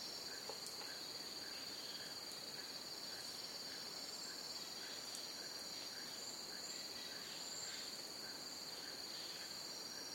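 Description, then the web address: Crickets trill on without a break at a high even pitch, with quieter chirps repeating regularly and a few faint clicks. Crickets in a jungle. "the sound pack tree. jungle crickets"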